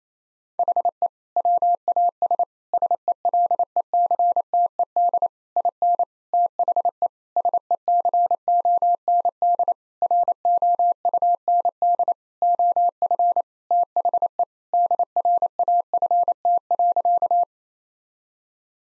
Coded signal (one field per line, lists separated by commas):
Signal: Morse code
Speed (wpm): 28 wpm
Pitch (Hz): 700 Hz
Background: none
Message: HE WAS SELECTED IN THE SECOND ROUND OF THE DRAFT.